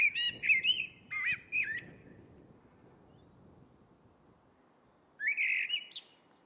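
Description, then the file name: Eurasian blackbird song: a run of looping, flute-like notes at the start, then a second mellow phrase after a few seconds of quiet. "Turdus merula"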